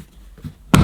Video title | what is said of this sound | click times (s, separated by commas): Rowenta Collecto Wet & Dry Vacuum Cleaner Unboxing & First Look | lock it into place | 0.7 s